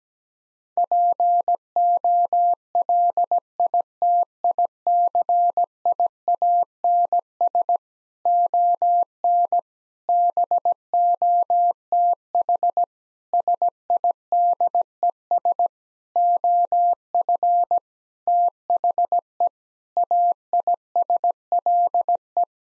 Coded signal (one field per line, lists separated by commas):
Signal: Morse code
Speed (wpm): 17 wpm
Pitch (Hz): 700 Hz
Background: none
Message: POLITICIANS ON BOTH SIDES OF THE AISLE